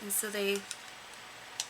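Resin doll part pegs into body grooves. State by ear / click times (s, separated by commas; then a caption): seated / 1.6 s. Someone talks while fitting the head or neck piece of a resin Luts Delf ball-jointed doll onto the body, so that two pegs on top engage matching grooves. A short, sharp tick is heard at 1.6 s as the pegs lock into place, and the part is seated.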